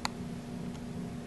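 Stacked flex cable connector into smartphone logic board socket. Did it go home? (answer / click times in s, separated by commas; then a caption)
yes / 0.1 s. The second flex cable connector, stacked on top of the first, is gently pressed into its socket on an iPhone 5 logic board, giving one short, sharp click at 0.1 s over a low, steady background hum. The connector clicks in and is seated.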